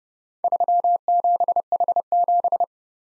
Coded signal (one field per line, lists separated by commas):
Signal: Morse code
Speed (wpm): 30 wpm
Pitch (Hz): 700 Hz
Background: none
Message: 37H7